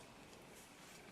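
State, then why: Not seated. A small Bastinelli BB Dragotac Piémontais friction-folder knife is being pushed into its supplied neck sheath, where it clips in directly. Only steady, even broadband handling noise is heard with no distinct transient. Nothing has seated or clicked yet.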